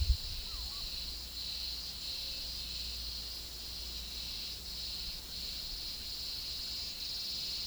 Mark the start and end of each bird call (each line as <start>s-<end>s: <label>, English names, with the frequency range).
0.48s-0.83s: Purple-throated Fruitcrow (0.4-2.2 kHz)